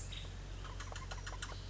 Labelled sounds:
Nuttall's Woodpecker
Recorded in Sonoma County, California

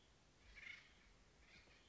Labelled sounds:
Acorn Woodpecker
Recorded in Sonoma County, California

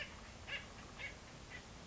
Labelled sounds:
Acorn Woodpecker
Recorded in Sonoma County, California

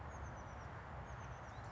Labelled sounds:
Oak Titmouse
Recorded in Sonoma County, California

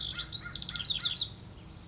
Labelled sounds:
House Wren
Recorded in Sonoma County, California

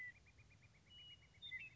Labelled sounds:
Western Meadowlark
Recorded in Sonoma County, California

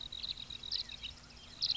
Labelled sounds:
California Quail
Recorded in Sonoma County, California

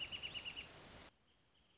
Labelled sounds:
Wrentit
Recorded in Sonoma County, California

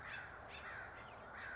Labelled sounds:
House Finch
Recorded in Sonoma County, California

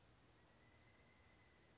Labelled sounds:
Pileated Woodpecker
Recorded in Sonoma County, California

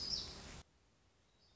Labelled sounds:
Black-throated Gray Warbler
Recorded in Sonoma County, California

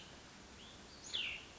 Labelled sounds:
Cassin's Vireo
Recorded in Sonoma County, California

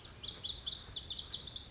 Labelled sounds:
Lazuli Bunting
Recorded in Sonoma County, California

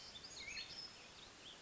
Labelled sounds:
Black-headed Grosbeak
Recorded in Sonoma County, California

